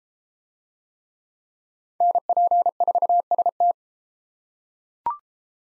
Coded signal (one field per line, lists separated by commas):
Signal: Morse code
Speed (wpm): 30 wpm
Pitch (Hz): 700 Hz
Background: none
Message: NP4ST